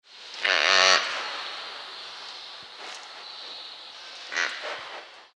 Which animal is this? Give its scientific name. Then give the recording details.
Tragelaphus spekii. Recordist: Tembrock, Günter. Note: Langlaute